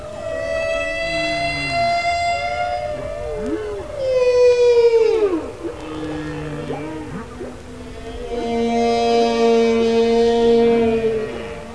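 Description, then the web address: Killer whale calls: tonal, harmonic-rich squeals that rise and fall, with a long sweeping downward call in the middle and sustained steady tones near the end. "kasatka"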